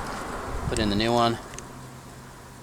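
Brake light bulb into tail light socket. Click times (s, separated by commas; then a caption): 1.6 s. A new 1157 brake/tail light bulb, replacing one that had burned out, is pushed in and turned into its bayonet tail light socket on a 1997 Lexus LX450 / FJ80. Someone talks over a steady low hum, then a short, sharp click at 1.6 s marks the bulb seating in the socket.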